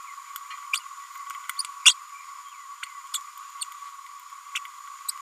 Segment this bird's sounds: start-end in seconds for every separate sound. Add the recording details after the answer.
0.72-0.80, 1.85-1.94, 3.61-3.65. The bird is a female. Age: 32 days. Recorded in a nest box in Venezuela. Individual 17B102A5